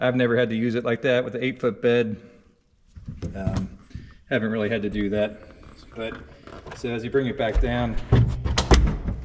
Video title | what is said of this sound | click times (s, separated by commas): Ultra Flex by Under Cover Review for F250 8' bed cover | and you just hear it kind of snap in place | 8.6 s